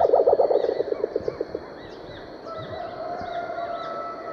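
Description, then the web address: Band-bellied owl giving a rapid stuttering series of low hoots that fades over about a second and a half, with steady high sounds in the background. Recorded in Ecuador. "S America Birds of Ecuador. Band-bellied Owl"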